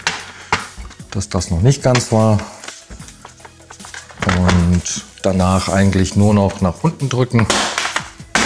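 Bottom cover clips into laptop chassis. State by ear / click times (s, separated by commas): seated / 8.4 s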